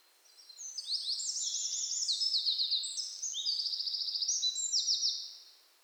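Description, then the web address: Eurasian wren singing a long, energetic phrase of high, fast trills and chattering notes that swells and then fades out after about five seconds. "SETE Troglodytes troglodytes"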